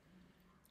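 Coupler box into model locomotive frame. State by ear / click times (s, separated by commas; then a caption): seated / 0.7 s. A plastic coupler box for a 1990 HO Bachmann 2-8-0 Consolidation steam locomotive, which would not go in at first, is flipped around and pressed into the locomotive frame over a steady low hum. A short, sharp click at 0.7 seconds marks the box seating in place.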